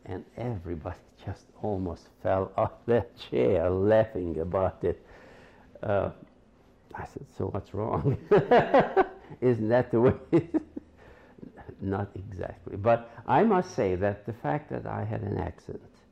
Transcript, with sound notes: And everybody just almost fell off their chair laughing about it. I said, "So what's wrong?" [laughs] "Isn't that the way?" "Not exactly." But I must say that the fact that I had an accent